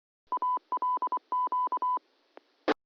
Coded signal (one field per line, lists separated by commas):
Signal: Morse code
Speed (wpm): 24 wpm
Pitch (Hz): 1000 Hz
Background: none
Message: ALQ